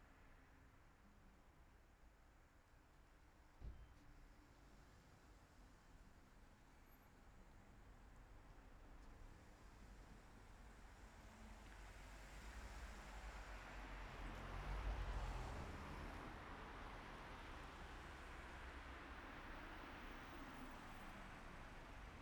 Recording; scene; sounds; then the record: everyday scene through a hearing-aid microphone; in traffic; traffic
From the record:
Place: city secondary road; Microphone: behind the ear, right, front